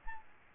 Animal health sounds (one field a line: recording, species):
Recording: mosquito wingbeat signal from an infrared sensor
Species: Aedes albopictus